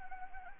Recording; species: mosquito wingbeat signal from an infrared sensor; Anopheles gambiae